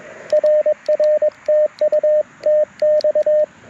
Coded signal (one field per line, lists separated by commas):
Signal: Morse code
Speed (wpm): 24 wpm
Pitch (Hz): 590 Hz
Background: radio noise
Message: RR TU TX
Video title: QRP CW with the Mountain Topper MTR4B V2 - Morse Code Monday #5